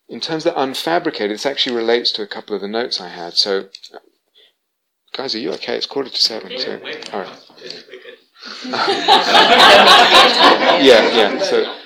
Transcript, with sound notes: In terms of the Unfabricated, this actually relates to a couple of the notes I had. Guys, are you okay? It's quarter to seven. [background encouragements] Yeah,